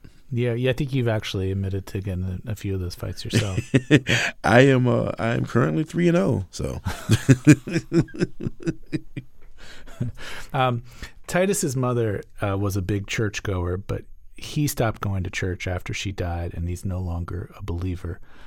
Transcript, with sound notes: Yeah. I think you've actually admitted to getting in a few of those fights yourself.
(Laughter) I am currently 3-0. So (laughter)...
Titus's mother was a big churchgoer, but he stopped going to church after she died, and he's no longer a believer.